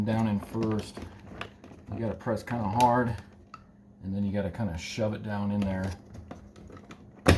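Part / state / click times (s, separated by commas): power window switch into door trim panel / seated / 7.3 s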